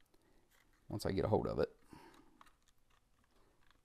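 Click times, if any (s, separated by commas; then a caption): 2.4 s. Someone talks, then grips the plastic cover of the hidden battery compartment on a Sony CX405 camcorder, and it pops out of the camcorder body with a short click at 2.4 s. The cover comes out easily and is released.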